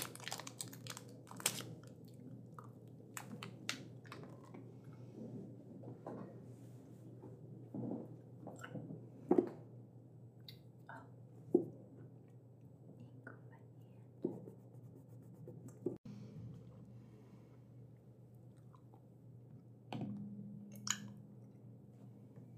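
A librarian handles and checks books: scattered taps, soft thuds and brief crinkling sounds come every second or two over a steady low hum. The hum drops out abruptly around sixteen seconds, and a sharper knock near twenty seconds leaves a short low tone behind.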